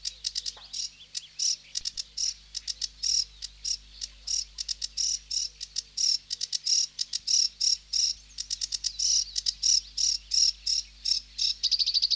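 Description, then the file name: Sedge warbler song, a fast scratchy chatter of varied grating notes and short trills running continuously, with a few clearer whistled notes mixed in. "Sedge Warbler (Acrocephalus schoenobaenus)"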